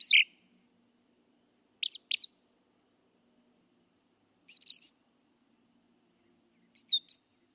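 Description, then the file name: Brown thrasher song of sharp, high slurred notes in brief phrases spaced by long pauses; a faint low hum runs throughout. "suara kicauan brown thrasher. omkicau"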